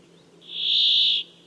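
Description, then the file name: Brambling gives a single drawn-out buzzing note lasting nearly a second, steady in pitch, over a low background hum. "canto do tentilhao montes"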